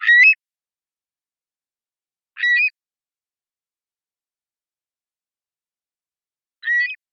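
Long-billed curlew giving three brief rising whistled calls, spaced a few seconds apart with silence between them.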